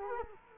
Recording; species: mosquito wingbeat signal from an infrared sensor; Culex quinquefasciatus